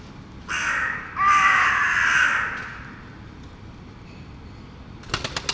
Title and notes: Saint-Gilles, Belgique - Bees, crows and pigeons. Abeilles, corneilles et quelques pigeons